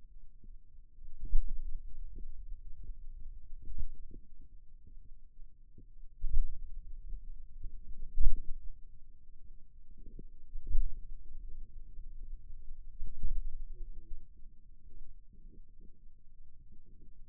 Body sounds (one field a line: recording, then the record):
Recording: forearm muscle sounds (acoustic myography)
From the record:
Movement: pen grasping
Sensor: system 2, bracelet of six BSWA MPA416 microphones around the upper forearm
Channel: 1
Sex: male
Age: 22 years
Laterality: right